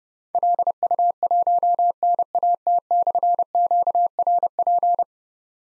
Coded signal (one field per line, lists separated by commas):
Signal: Morse code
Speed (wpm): 28 wpm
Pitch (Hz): 700 Hz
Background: none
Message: LU1NAT/QRP